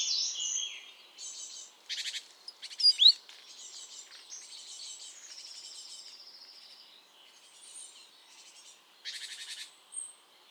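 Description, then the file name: Great tit giving harsh, buzzy churring calls in short bursts, mixed with thin high whistles and chatter. "Parus major"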